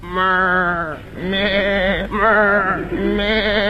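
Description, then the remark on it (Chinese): During a tongue-twister routine about a goat going up a mountain, a person imitates a goat with three or four long, wavering bleats in quick succession, each a loud nasal quavering cry with a strong tremolo, separated by brief pauses. “咩， 咱们这到屠宰场了。 谁让你叫回来了？”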